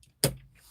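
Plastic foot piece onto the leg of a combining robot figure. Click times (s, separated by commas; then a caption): 0.2 s. A plastic foot piece is swung up against the leg of an SS86 Devastator combining robot figure and snaps into place. A faint tick at 0.0 s is followed by a sharp, loud plastic snap at 0.2 s that fades quickly, and the foot is seated.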